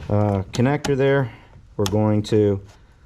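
A tuner interface cable plug for an SCT X4 is handled near the OBD-II diagnostic port under the dash of a 2021 Ford F150 XLT 5.0L during a custom tune install. Someone talks throughout, with no distinct impact heard. Nothing has seated or clicked yet; the connector is not yet home.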